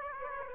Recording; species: mosquito wingbeat signal from an infrared sensor; Aedes aegypti